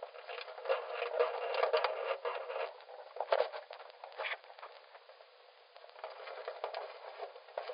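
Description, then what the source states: Rhinoceros beetles making irregular scratchy rasps and crackles, uneven bursts rising and fading over several seconds, with no other sounds clear. Three beetles, stridulating.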